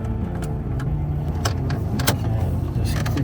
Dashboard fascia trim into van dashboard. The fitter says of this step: just click it back in until you hear it clicks.